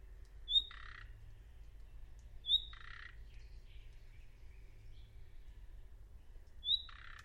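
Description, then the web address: Bird calls: three high, thin whistles, each ending in a harsh buzzy burst, spaced irregularly over a constant low rumble. "birddata Deverinetal 2025 File origin Bird Only"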